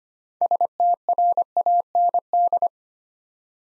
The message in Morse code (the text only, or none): STRAND